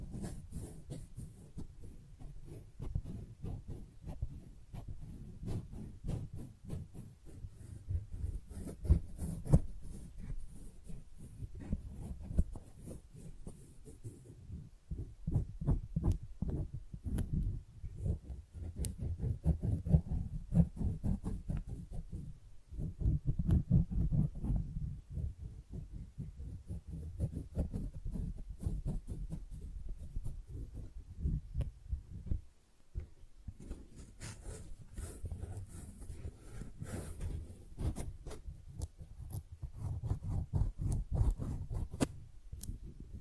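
Tingly flower sounds: dense, rapid crinkling and tapping, like petals and stems being handled, runs through the whole clip. A soft low rustle sits underneath, with a faint hiss in the upper range at times. The activity thins briefly around 15 and 33 seconds before resuming.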